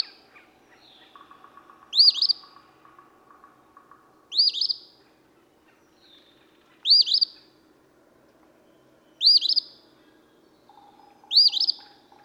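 Eastern phoebe repeating its scratchy two-part phrase five times, about every two and a half seconds, with a soft rattling trill and other faint birds behind.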